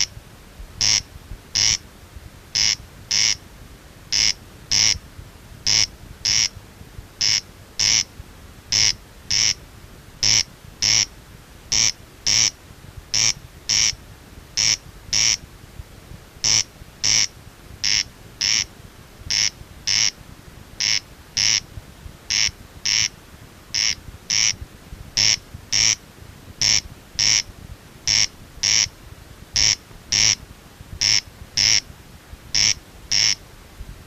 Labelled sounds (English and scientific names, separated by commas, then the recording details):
Corn Crake (Crex crex) call
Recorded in the wild
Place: Nieder-Ofleiden, DE
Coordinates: 50.7581, 8.97444
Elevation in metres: 220
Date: 1964-05-25 23:30
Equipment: Uher Report 4000, AKG D190
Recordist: Krey, Winfried